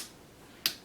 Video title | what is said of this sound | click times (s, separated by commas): Upgrading My P15 .25 cal. With Some Custom Parts. | hear that snap, and they're into place, okay? | 0.7 s